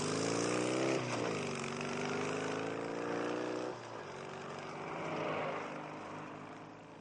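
A traffic inspector's motorcycle and a car drive side by side along an empty, endless highway, their engines forming a steady, loud buzzing drone whose pitch drops twice, like gear changes, with no voices.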